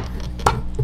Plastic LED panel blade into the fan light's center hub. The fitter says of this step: 3 Yun, nag-lock.